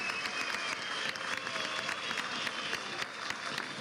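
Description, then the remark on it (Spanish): Sustained audience applause for the country's transport workers at a Misión Transporte event, a dense steady wash of many hands clapping at a fairly even loudness for several seconds, with faint crowd murmur mixed in and no clear speech. “Un aplauso para los transportistas del país, trabajadores y trabajadoras.”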